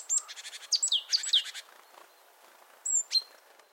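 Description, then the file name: Great tit giving a harsh rattle mixed with quick downslurred high notes, then a short pause and one more thin whistled note and slur. "Parus major"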